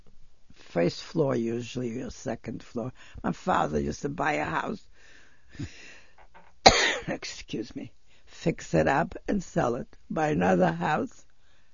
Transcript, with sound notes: First floor usually, or a second floor. My father used to buy a house, (she coughs) excuse me, fix it up and sell it. Buy another house,